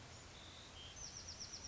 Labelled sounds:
Bewick's Wren (Thryomanes bewickii)
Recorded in Sonoma County, California

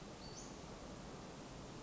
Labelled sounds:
Western Flycatcher (Empidonax difficilis)
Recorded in Sonoma County, California

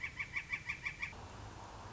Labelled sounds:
Northern Flicker (Colaptes auratus)
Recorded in Sonoma County, California

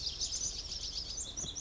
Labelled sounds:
Pacific Wren (Troglodytes pacificus)
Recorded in Sonoma County, California

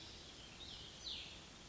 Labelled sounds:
Cassin's Vireo (Vireo cassinii)
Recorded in Sonoma County, California

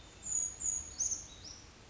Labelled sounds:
Brown Creeper (Certhia americana)
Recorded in Sonoma County, California

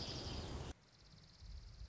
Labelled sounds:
Dark-eyed Junco (Junco hyemalis)
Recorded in Sonoma County, California

